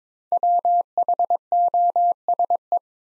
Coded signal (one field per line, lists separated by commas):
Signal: Morse code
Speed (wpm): 22 wpm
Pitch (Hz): 700 Hz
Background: none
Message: WHOSE